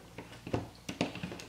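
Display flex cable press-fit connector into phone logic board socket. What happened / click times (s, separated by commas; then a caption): The small ribbon connector snapped into its socket / 1.0 s. A display flex cable connector is pressed down into its socket on an iPhone 5c logic board during reassembly after a home button replacement; this second connector is easier to hear than the first, which is mostly felt clicking in. Several small taps sound across the clip, and the connector clicks in and seats at 1.0 s.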